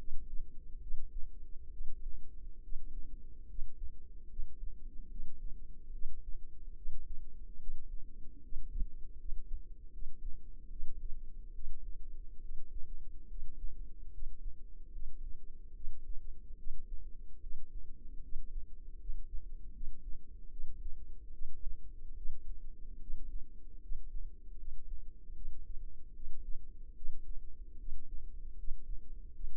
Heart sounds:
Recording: heart sounds by microphone in the left ear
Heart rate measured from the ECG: 74 bpm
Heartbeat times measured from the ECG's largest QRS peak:
0.81 s: heartbeat
1.72 s: heartbeat
2.63 s: heartbeat
3.49 s: heartbeat
4.30 s: heartbeat
5.10 s: heartbeat
5.93 s: heartbeat
6.76 s: heartbeat
7.60 s: heartbeat
8.43 s: heartbeat
9.19 s: heartbeat
9.93 s: heartbeat
10.70 s: heartbeat
11.54 s: heartbeat
12.41 s: heartbeat
13.29 s: heartbeat
14.13 s: heartbeat
14.92 s: heartbeat
15.74 s: heartbeat
16.58 s: heartbeat
17.41 s: heartbeat
18.23 s: heartbeat
19.00 s: heartbeat
19.73 s: heartbeat
20.51 s: heartbeat
21.32 s: heartbeat
22.15 s: heartbeat
23.00 s: heartbeat
23.82 s: heartbeat
24.58 s: heartbeat
25.35 s: heartbeat
26.14 s: heartbeat
26.95 s: heartbeat
27.79 s: heartbeat
28.58 s: heartbeat
29.34 s: heartbeat
From the record:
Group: healthy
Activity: rest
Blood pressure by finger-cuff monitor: 123/44 mmHg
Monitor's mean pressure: 70 mmHg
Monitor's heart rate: 73 bpm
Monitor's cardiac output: 9.8 L/min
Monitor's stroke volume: 134 mL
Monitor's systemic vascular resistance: 520 dyn s/cm5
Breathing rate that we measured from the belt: 12 breaths a minute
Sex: female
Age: 32 years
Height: 168 cm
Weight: 61.9 kg

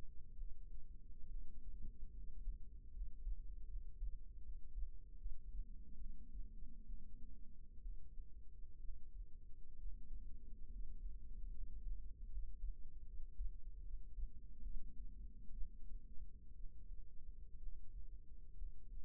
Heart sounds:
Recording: heart sounds by microphone in the right ear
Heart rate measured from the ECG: 69 bpm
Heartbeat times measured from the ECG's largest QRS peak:
0.35 s: heartbeat
1.26 s: heartbeat
2.11 s: heartbeat
2.91 s: heartbeat
3.66 s: heartbeat
4.41 s: heartbeat
5.16 s: heartbeat
5.96 s: heartbeat
6.85 s: heartbeat
7.80 s: heartbeat
8.79 s: heartbeat
9.76 s: heartbeat
10.68 s: heartbeat
11.51 s: heartbeat
12.28 s: heartbeat
13.03 s: heartbeat
13.80 s: heartbeat
14.61 s: heartbeat
15.52 s: heartbeat
16.54 s: heartbeat
17.57 s: heartbeat
18.54 s: heartbeat
From the record:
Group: healthy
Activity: rest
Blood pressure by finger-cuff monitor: 139/67 mmHg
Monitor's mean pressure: 91 mmHg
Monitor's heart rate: 68 bpm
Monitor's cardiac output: 6.7 L/min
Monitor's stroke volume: 87 mL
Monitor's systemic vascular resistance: 1010 dyn s/cm5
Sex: female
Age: 37 years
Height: 168 cm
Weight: 70 kg

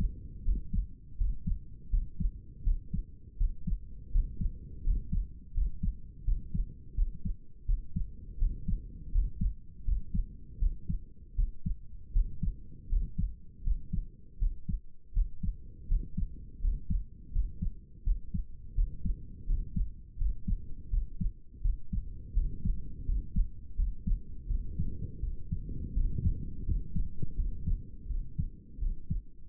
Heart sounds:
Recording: heart sounds by stethoscope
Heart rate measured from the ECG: 83 bpm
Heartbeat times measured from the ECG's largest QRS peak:
0.44 s: heartbeat
1.17 s: heartbeat
1.90 s: heartbeat
2.63 s: heartbeat
3.37 s: heartbeat
4.11 s: heartbeat
4.83 s: heartbeat
5.53 s: heartbeat
6.24 s: heartbeat
6.94 s: heartbeat
7.65 s: heartbeat
8.38 s: heartbeat
9.11 s: heartbeat
9.84 s: heartbeat
10.58 s: heartbeat
11.35 s: heartbeat
12.12 s: heartbeat
12.88 s: heartbeat
13.63 s: heartbeat
14.38 s: heartbeat
15.13 s: heartbeat
15.87 s: heartbeat
16.60 s: heartbeat
17.31 s: heartbeat
18.03 s: heartbeat
18.74 s: heartbeat
19.46 s: heartbeat
20.17 s: heartbeat
20.90 s: heartbeat
21.61 s: heartbeat
22.34 s: heartbeat
23.05 s: heartbeat
23.76 s: heartbeat
24.47 s: heartbeat
25.20 s: heartbeat
25.94 s: heartbeat
26.65 s: heartbeat
27.36 s: heartbeat
28.07 s: heartbeat
28.79 s: heartbeat
From the record:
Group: healthy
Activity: rest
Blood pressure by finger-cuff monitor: 113/75 mmHg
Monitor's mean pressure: 83 mmHg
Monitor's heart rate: 83 bpm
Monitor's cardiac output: 6.5 L/min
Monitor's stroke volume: 78 mL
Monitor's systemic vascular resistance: 930 dyn s/cm5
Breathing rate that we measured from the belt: 16 breaths a minute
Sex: male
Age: 35 years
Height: 180 cm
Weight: 86.9 kg

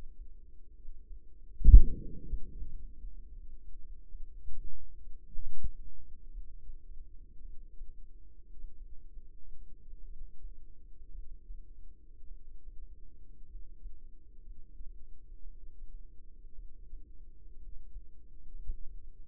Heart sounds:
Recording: heart sounds by microphone in the right ear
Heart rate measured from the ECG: 57 bpm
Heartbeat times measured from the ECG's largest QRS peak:
0.76 s: heartbeat
1.64 s: heartbeat
2.50 s: heartbeat
3.30 s: heartbeat
4.06 s: heartbeat
4.97 s: heartbeat
6.29 s: heartbeat
7.40 s: heartbeat
8.76 s: heartbeat
10.04 s: heartbeat
11.10 s: heartbeat
12.26 s: heartbeat
13.46 s: heartbeat
14.41 s: heartbeat
15.42 s: heartbeat
16.54 s: heartbeat
17.57 s: heartbeat
18.51 s: heartbeat
From the record:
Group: healthy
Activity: breath hold 0-3 s, rest 3-19 s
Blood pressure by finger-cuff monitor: 89/60 mmHg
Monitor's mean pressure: 68 mmHg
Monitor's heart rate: 58 bpm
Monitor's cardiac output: 4.4 L/min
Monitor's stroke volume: 77 mL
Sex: female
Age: 36 years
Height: 163 cm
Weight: 88 kg

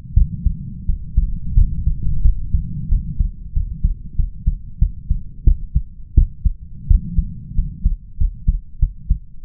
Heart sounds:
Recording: heart sounds by stethoscope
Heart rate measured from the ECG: 90 bpm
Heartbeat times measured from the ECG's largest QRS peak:
0.14 s: heartbeat
0.85 s: heartbeat
1.54 s: heartbeat
2.21 s: heartbeat
2.88 s: heartbeat
3.53 s: heartbeat
4.16 s: heartbeat
4.78 s: heartbeat
5.44 s: heartbeat
6.14 s: heartbeat
6.87 s: heartbeat
7.54 s: heartbeat
8.17 s: heartbeat
8.79 s: heartbeat
9.42 s: heartbeat
From the record:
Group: healthy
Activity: cold pressor test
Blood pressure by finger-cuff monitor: 121/83 mmHg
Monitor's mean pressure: 95 mmHg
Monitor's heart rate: 88 bpm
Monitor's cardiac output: 6.6 L/min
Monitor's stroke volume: 76 mL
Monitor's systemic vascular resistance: 1090 dyn s/cm5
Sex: male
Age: 21 years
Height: 180 cm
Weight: 67.5 kg

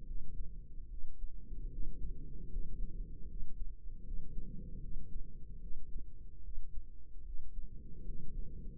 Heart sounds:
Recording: heart sounds by microphone in the right ear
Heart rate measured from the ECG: 75 bpm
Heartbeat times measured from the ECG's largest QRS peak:
0.04 s: heartbeat
0.87 s: heartbeat
1.69 s: heartbeat
2.48 s: heartbeat
3.26 s: heartbeat
4.02 s: heartbeat
4.79 s: heartbeat
5.59 s: heartbeat
6.41 s: heartbeat
7.22 s: heartbeat
8.03 s: heartbeat
From the record:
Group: healthy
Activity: cold pressor test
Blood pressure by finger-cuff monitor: 127/87 mmHg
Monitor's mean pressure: 101 mmHg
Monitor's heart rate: 76 bpm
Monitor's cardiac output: 5.9 L/min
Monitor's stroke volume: 77 mL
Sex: female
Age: 32 years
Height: 172 cm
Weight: 71.7 kg

